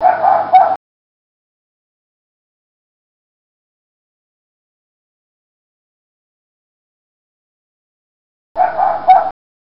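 Fox barks: two short, harsh, hoarse barks, one at the start and one near the end, separated by about eight seconds of silence.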